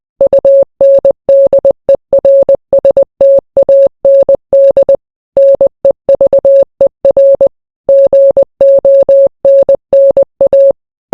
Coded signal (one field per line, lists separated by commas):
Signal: Morse code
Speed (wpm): 20 wpm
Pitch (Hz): 550 Hz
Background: none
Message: UNDERSTAND NEVER GONNA